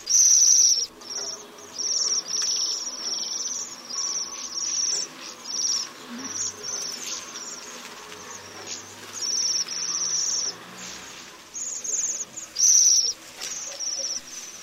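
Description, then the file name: Bohemian waxwing calls: a near-continuous series of high, buzzy, ringing trills, uneven in loudness, with only brief pauses. "JEMIOŁUSZKA"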